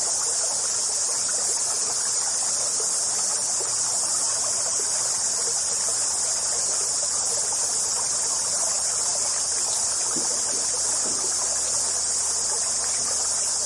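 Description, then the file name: Cicadas in a steady, shrill, high-pitched drone that holds unbroken throughout, over the rushing babble of a flowing stream. Cicadas heard together with a flowing stream. "stream and cicadas"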